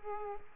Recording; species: mosquito wingbeat signal from an infrared sensor; Aedes aegypti